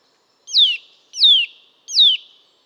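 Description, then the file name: Eurasian nuthatch uttering three evenly spaced, loud whistled notes, each falling steeply in pitch. "Sitta europaea"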